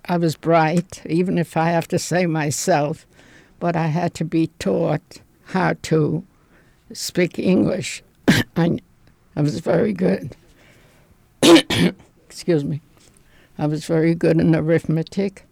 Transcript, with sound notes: I was bright, even if I have to say myself, but I had to be taught how to speak English, and I was very good. ( she coughs ) Excuse me. I was very good in arithmetic,